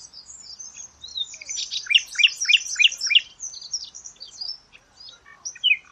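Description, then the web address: Bird song with a run of about five quick, evenly spaced descending notes amid a background of other high chirps and twitters. "cianscape birddata Deverinetal 2025 File origin Bird Only"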